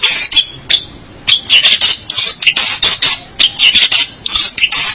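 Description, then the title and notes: Long-tailed shrike pouring out dense, harsh chattering song with squeaky high notes and only brief pauses. "Pentet 201703. Suara burung pentet"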